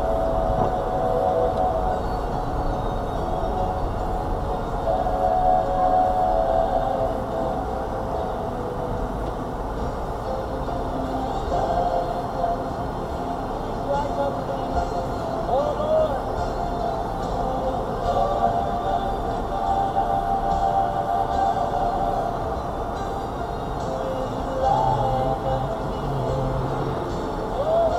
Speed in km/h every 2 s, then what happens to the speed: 8, 10, 5, 2, 0, 0, 0, 0, 0, 0, 0, 0, 0, 0.
2-5 slows to 2. 5-28 standing.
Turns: none.